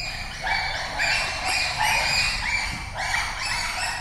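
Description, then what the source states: Bonobos shrieking, several high-pitched overlapping cries in quick succession. Group of bonobos at the Lola Ya Bonobo sanctuary, Democratic Republic of the Congo, getting ready for a meal; the shrieking signals that food is coming.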